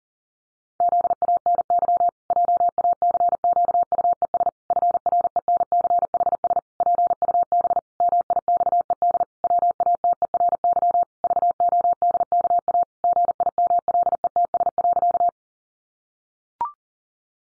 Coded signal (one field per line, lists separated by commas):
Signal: Morse code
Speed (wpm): 40 wpm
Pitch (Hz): 700 Hz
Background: none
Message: ZANY JACQUES FRENCHS PUB MIXED WATERY VODKA GIMLETS.